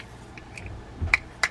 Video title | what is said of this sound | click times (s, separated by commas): Daiwa Procaster PMF 1000 Bait Casting Fishing Reel Service and DIY guide | Set that in. Hear a nice tight snap like that. | 1.1 s